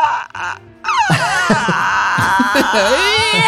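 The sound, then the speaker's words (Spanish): A person's voice imitates a baby catching its breath: a brief pause, then a loud, wavering wail with sliding pitch that carries on for a few seconds. “No, pero cuando ese silencio de guagua es porque el grito que se viene después es feroz, porque es como claro. Un juntar aire.”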